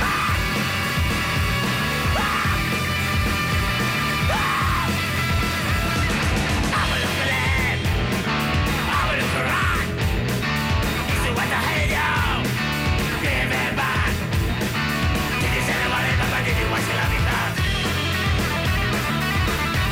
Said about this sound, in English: So the next, the song that you just heard was from